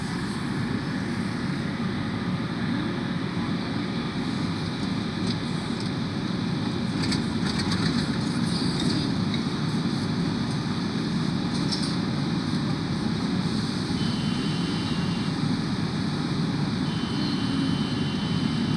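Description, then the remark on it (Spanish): A subway train runs with a steady, loud low rumble and broad roaring noise throughout, with faint metallic rattles and squeaks flickering over the top and no one talking. “estoy en el subte y me pregunto, ¿dónde está Santiago Maldonado?”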